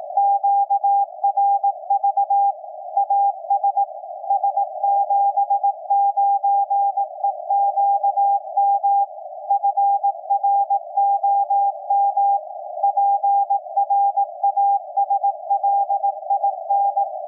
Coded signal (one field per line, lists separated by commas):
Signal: Morse code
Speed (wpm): 18 wpm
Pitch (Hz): 800 Hz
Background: none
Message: QRV AS S79EQM FROM PRASLIN